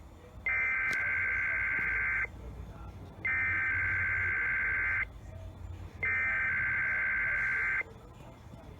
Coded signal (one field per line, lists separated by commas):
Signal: Emergency Alert System (SAME) tones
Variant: header bursts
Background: speech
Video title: Southern Oregon's RMT via KVIP (EAS #2661-2662)